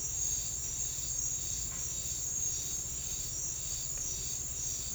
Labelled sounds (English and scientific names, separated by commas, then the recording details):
none
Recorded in secondary vegetation near Puerto Asís, Putumayo, Colombia, on 9 March 2025 at 08:30
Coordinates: 0.499, -76.323
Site G094